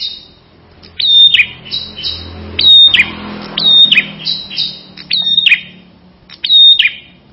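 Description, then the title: Ashy tailorbird song: several sharp, clipped phrases, each a high flat whistle dropping into a quick buzzy twitter, given at short intervals. "Suara Prenjak Kepala Merah"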